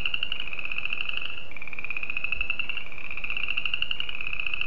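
Spring peeper calling, a steady high trill with small pitch shifts now and then, over a faint background hiss.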